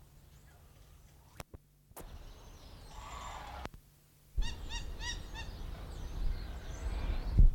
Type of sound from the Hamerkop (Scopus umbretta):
call